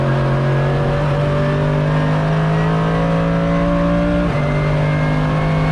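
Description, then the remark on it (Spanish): A Mercedes V8 car engine roars loudly as it accelerates hard on a racetrack, shifting through six gears, its steady droning pitch climbing, then dipping sharply at a gear change before rising again. “Saltando sobre los 6 cambios de velocidad para exponer al máximo los 8 cilindros que bombean el corazón del auto y de ella misma.”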